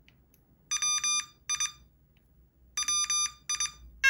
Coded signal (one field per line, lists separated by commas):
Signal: Morse code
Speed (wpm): 23 wpm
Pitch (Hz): 1200 Hz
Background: none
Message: WI WI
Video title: MorseBOX – Learn Morse Code with a Real Telegraph Key! Train, Transmit, Compete!